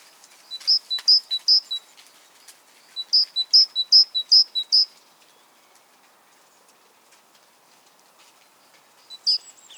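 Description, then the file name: Great tit singing two-note phrases in two short bursts separated by a pause, with one more phrase near the end. "Parus major"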